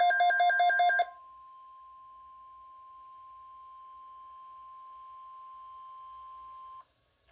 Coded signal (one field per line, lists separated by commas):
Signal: Emergency Alert System (SAME) tones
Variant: 1050 Hz attention tone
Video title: Severe thunderstorm Watch #56 On NOAA Weather Radio